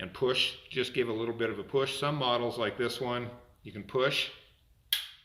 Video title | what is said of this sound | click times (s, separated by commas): Glock to CCU assembly | and you hear that click, you know that your slide bar | 4.9 s